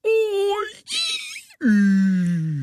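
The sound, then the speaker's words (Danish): A voice acts out Santa Claus yawning: an exaggerated, theatrical yawn with a strained moaning rise, a breathy open-mouthed middle, then a long, loud, low groan that slowly sinks in pitch. “Julemanden, der gaber.”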